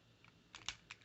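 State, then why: Seated. The plastic leg section of a Transformers POTP Leader Class Rodimus Unicronus transforming figure is folded down on its second side and clicked into place. Several small plastic clicks are heard around 0.3, 0.6, 0.9 and 1.1 seconds, with the strongest snap at 0.7 seconds as the leg seats firmly.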